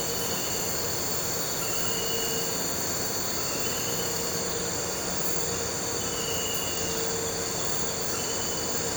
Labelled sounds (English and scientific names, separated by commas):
none